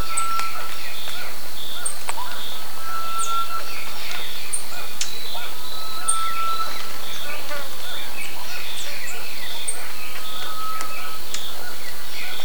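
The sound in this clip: Bird calls: sparse high chirps and a few long steady whistled notes spaced several seconds apart, above a constant low hiss.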